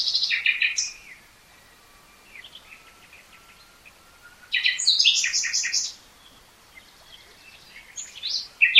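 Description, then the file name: Common nightingale song: chattering phrases with a faint long drawn whistle between them, over a hissy background. "Luscinia megarhynchos"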